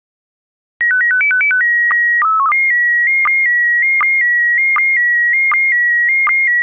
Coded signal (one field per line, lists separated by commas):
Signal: SSTV (slow-scan television)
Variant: PD 180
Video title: Slow Scan Radio, August 1, 2018, Ep. 2